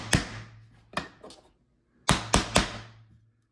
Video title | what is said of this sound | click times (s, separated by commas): Changer une vitre thermos de fenêtre battante🪟en 6 étapes | voilà, une autre belle longueur de tout bien clippé. | 0.1 s, 2.1 s, 2.3 s